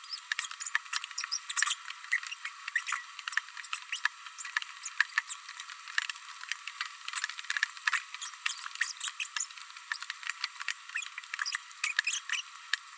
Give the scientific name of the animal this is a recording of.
Forpus passerinus